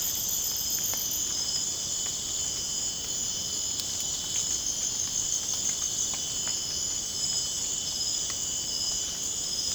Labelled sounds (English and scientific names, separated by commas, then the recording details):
none
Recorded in dense forest near Puerto Asís, Putumayo, Colombia, on 25 June 2025 at 01:30
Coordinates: 0.486, -76.317
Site G065